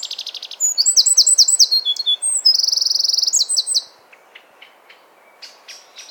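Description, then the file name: Eurasian wren song, a loud rapid burst of high trills and sharp warbled notes for about four seconds, then scattered faint high chips. "Troglodytes troglodytes"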